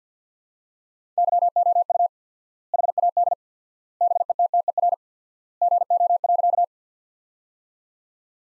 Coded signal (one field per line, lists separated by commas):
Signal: Morse code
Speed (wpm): 50 wpm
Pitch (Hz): 700 Hz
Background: none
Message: YOU HAD BETTER GO.